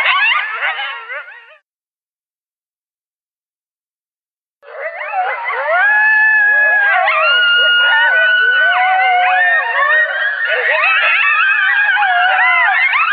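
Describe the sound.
Coyote chorus: a short burst of yips, three seconds of silence, then many overlapping wavering howls and high yelps gliding up and down, continuing steadily to the end.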